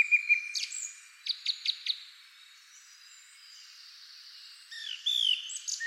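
Bird chirps: a run of four sharp high notes, a quiet lull, then a brief burst of varied notes near the end.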